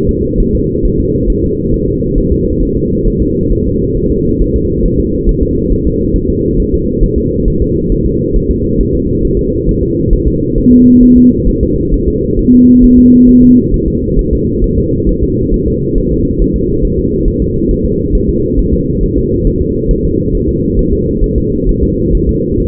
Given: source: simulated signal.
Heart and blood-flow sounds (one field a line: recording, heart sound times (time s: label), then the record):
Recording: fetal heart sounds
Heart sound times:
0.09 s: S2
0.40 s: S1
0.55 s: S2
0.85 s: S1
1.00 s: S2
1.30 s: S1
1.44 s: S2
1.74 s: S1
1.88 s: S2
2.18 s: S1
2.32 s: S2
2.63 s: S1
2.77 s: S2
3.08 s: S1
3.22 s: S2
3.52 s: S1
3.67 s: S2
3.97 s: S1
4.11 s: S2
4.42 s: S1
4.56 s: S2
4.85 s: S1
5.00 s: S2
5.29 s: S1
5.43 s: S2
5.72 s: S1
5.87 s: S2
6.16 s: S1
6.30 s: S2
6.59 s: S1
6.74 s: S2
7.03 s: S1
7.18 s: S2
7.48 s: S1
7.62 s: S2
7.92 s: S1
8.06 s: S2
8.36 s: S1
8.51 s: S2
8.80 s: S1
8.95 s: S2
9.25 s: S1
9.39 s: S2
9.69 s: S1
9.83 s: S2
10.13 s: S1
10.27 s: S2
10.58 s: S1
10.72 s: S2
11.03 s: S1
11.17 s: S2
11.49 s: S1
11.63 s: S2
11.94 s: S1
12.08 s: S2
12.39 s: S1
12.54 s: S2
12.84 s: S1
12.98 s: S2
13.29 s: S1
13.43 s: S2
13.74 s: S1
13.88 s: S2
14.19 s: S1
14.33 s: S2
14.64 s: S1
14.78 s: S2
15.09 s: S1
15.23 s: S2
15.54 s: S1
15.68 s: S2
15.98 s: S1
16.12 s: S2
16.41 s: S1
16.56 s: S2
16.85 s: S1
16.99 s: S2
17.28 s: S1
17.42 s: S2
17.71 s: S1
17.86 s: S2
18.15 s: S1
18.29 s: S2
18.59 s: S1
18.73 s: S2
19.03 s: S1
19.18 s: S2
19.47 s: S1
19.62 s: S2
19.91 s: S1
20.05 s: S2
20.35 s: S1
20.49 s: S2
20.79 s: S1
20.93 s: S2
21.24 s: S1
21.38 s: S2
21.69 s: S1
21.83 s: S2
22.15 s: S1
22.29 s: S2
22.60 s: S1
From the record:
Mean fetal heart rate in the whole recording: 135 bpm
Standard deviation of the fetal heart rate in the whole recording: 3 bpm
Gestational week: 36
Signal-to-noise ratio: -10.2 dB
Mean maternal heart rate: 72 bpm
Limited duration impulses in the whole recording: present